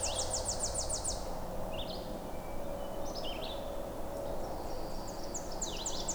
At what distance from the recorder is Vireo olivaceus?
about 55 m